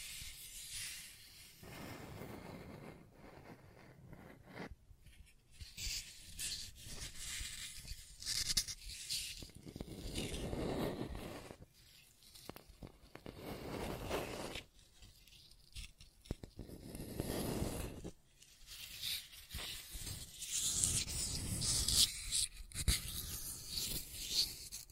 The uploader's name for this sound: Scratching and Tracing Sounds